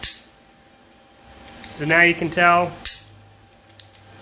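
The exterior handle lever is pulled on a rebuilt steel inner door latch assembly from a Willys Wagon/Truck, and the latch clicks open sharply at 0.0 s. Someone then talks, and the latch releases the way it should.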